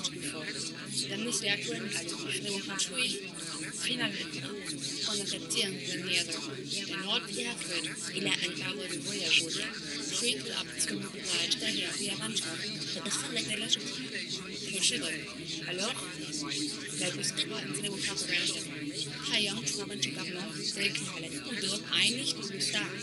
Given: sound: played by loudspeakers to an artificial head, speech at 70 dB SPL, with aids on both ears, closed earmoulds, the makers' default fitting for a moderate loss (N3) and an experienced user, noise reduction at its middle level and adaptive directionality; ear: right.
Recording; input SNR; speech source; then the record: speech test signal (ISTS) in cocktail-party noise; -6 dB; on the right (90 degrees)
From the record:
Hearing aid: class 2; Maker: J